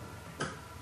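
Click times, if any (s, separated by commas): 0.4 s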